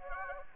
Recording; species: mosquito wingbeat signal from an infrared sensor; Anopheles gambiae